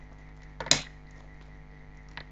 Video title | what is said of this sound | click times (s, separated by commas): How To Build a Budget Gaming Computer - Full Build | make sure both sides click | 0.6 s, 0.7 s